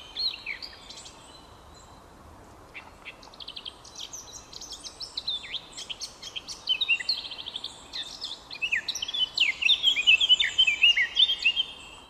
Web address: SETE data Sylvia atricapilla